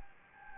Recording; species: mosquito wingbeat signal from an infrared sensor; Anopheles gambiae